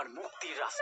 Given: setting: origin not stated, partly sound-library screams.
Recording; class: one-second piece from a danger detection set; woman in danger